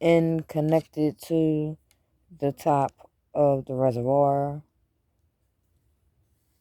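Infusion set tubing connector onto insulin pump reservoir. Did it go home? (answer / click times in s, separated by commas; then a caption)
no / none. Someone talks while handling the infusion set tubing connector and the plastic insulin pump reservoir, about to push the connector onto the top of the reservoir. No click is heard, and nothing has seated yet; the clip ends in near silence.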